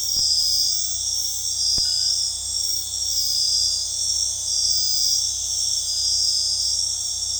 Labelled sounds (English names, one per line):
none